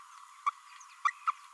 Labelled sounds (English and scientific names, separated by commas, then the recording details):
Green-rumped Parrotlet (Forpus passerinus) babbling
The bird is a female
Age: 30 days
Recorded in a nest box in Venezuela
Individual 17B32A5